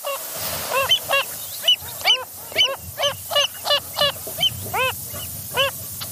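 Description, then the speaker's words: Wilson's phalarope calls: a series of nasal, honking notes repeated steadily throughout. Described as the spinning bird of salt lakes. "this is the call of that spinning bird of Salt Lakes, the Wilson's phalarope."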